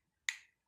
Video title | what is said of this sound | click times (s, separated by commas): Disassembling Samsung Gear S3 | you can screw is going out and you will hear a click when it's | 0.3 s